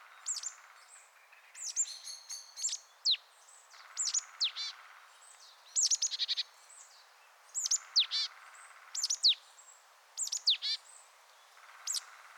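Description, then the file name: Marsh tit calls: sharp high downslurred 'pitchou' notes mixed with runs of nasal, buzzy 'dee-dee' notes, given in bursts every second or two against a quiet background. "Poecile palustris"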